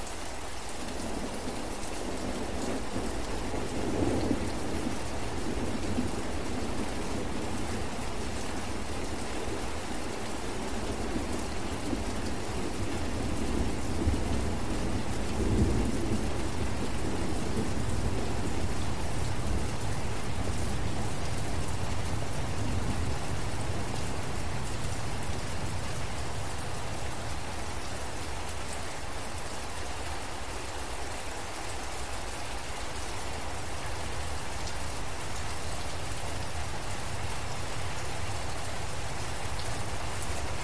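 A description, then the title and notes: Steady rain falls in a forest, a dense, even hiss of drops that holds at the same level for the whole stretch. A low rumble sits underneath, swelling slightly in the first half and easing later, like thunder rolling. Rain & Thunder Sounds In Forest.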